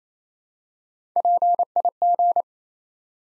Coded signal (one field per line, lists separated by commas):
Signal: Morse code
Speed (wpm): 27 wpm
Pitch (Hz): 700 Hz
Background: none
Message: PIG